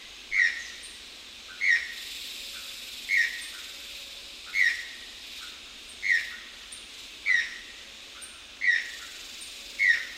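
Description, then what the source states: Channel-billed Toucan giving short, downslurred croaking notes, repeated about every one and a half seconds, eight calls in a steady series over a faint hiss. Recorded 31 October 2001.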